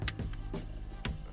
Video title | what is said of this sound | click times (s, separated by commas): Alfa Romeo Giulietta Fog Light Switch Bank Removal and Refit | There we go, nice little click. | 1.1 s